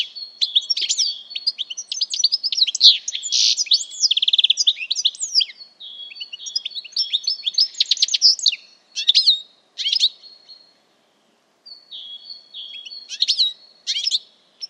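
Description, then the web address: Bird pouring out a continuous warbling song of fast chirps, buzzes and trills, with a few spaced phrases and thin whistles later. "Deverinetal"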